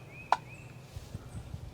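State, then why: Seated. A rechargeable battery pack is slid into its slot in a cordless yard tool, likely the blower, and it seats with one sharp click at 0.3 s. A few faint, low thumps follow through the rest of the clip. The battery clicks into place.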